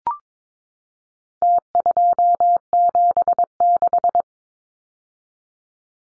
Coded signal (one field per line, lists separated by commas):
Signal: Morse code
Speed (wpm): 22 wpm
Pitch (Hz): 700 Hz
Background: none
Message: T276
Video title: Four Digit Contest Style Numbers 22wpm